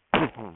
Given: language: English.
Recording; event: throat vibration sensor signal played as sound; cough